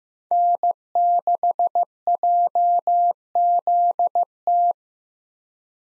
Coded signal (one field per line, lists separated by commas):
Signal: Morse code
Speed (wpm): 15 wpm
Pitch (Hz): 700 Hz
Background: none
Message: N6JZT